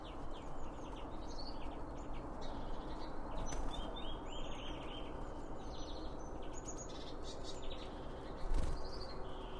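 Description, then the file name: Birds chirping, with many short high chirps and twittering notes scattered throughout over a steady low rumbling background noise. Several birds around a bird feeder, recorded with two Line Audio OM 1 microphones. "Birds Around Birdfeeding With Two Om 1 From Line Audio"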